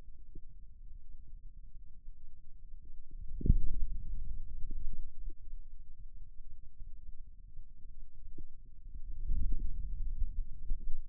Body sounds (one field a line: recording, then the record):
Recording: forearm muscle sounds (acoustic myography)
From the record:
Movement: radial deviation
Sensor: system 2, bracelet of six BSWA MPA416 microphones around the upper forearm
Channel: 2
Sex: male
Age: 22 years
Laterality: right